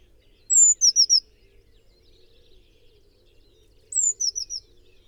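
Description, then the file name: Eurasian blue tit singing two phrases about three seconds apart, each a thin, very high drawn-out note followed by three quick, slightly lower slurred notes; otherwise quiet. "Cyanistes caeruleus"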